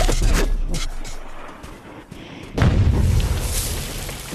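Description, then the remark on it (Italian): A homemade rocket, fired from an improvised ramp in a garden in Cremona in the foggy dawn, rises a few metres and explodes: some crackling, sputtering bursts, then a sudden loud, deep boom that rolls into a sustained low rumbling roar. No one speaks. “Un'esplosione così nella quieta Cremona non la si sentiva da almeno una decina d'anni, dai bombardamenti della guerra.”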